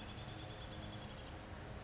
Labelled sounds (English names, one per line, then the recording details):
Chestnut-backed Chickadee
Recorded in Sonoma County, California